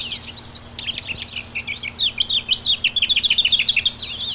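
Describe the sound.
Lesser whitethroat song of scratchy warbled notes running into a long, quick series of dry repeated notes near the end.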